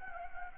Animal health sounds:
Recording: mosquito wingbeat signal from an infrared sensor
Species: Anopheles gambiae

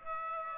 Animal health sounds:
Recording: mosquito wingbeat signal from an infrared sensor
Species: Aedes aegypti

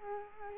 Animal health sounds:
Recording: mosquito wingbeat signal from an infrared sensor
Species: Culex quinquefasciatus

